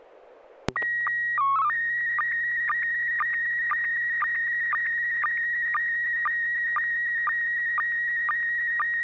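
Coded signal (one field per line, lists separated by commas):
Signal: SSTV (slow-scan television)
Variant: PD 120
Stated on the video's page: SSTV net on a 441.300 MHz FM repeater, images sent with MMSSTV.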